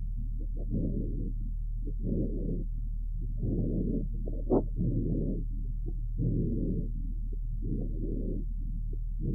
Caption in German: Lungenschall mit Rasselgeräuschen bei einem Fohlen.